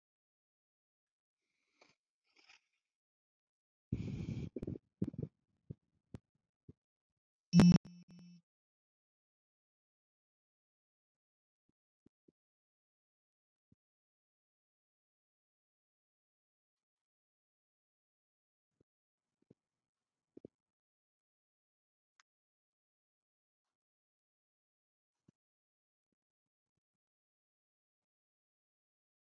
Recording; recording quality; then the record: deep breathing; poor, much background noise or distortion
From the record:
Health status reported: recovered from COVID-19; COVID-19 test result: positive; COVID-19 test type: RT-PCR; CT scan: not taken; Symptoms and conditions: cough, cold, sore throat, fever, fatigue, hypertension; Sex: male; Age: 58 years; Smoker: no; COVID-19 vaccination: both doses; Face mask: not worn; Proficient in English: yes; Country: India